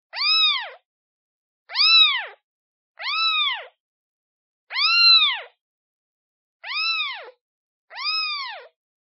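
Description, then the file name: Cat: kitten meowing, six high wavering mews with uneven gaps of one to two seconds, each call swelling and dropping in pitch. Kitten calling for its mother. "Tieng meo con keu tim me"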